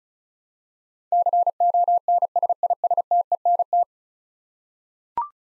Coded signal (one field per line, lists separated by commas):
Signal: Morse code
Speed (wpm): 36 wpm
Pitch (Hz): 700 Hz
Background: none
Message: CONSISTENT